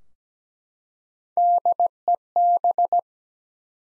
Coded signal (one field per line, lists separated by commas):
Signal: Morse code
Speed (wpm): 17 wpm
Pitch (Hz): 700 Hz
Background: none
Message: DEB